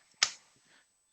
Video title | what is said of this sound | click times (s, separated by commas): Transradial Coil Embolization of a Type IB Endoleak post EVAR and Common Iliac Artery Aneurysm | You hear the click. It's detached. | 0.2 s